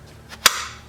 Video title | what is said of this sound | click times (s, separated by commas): Echo Leaf Blower Has Spark, Fuel, Compression But Won't Start? Do THIS | hear it snap in there clicks in and that keeps this pipe from falling out | 0.5 s